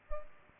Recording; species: mosquito wingbeat signal from an infrared sensor; Culex pipiens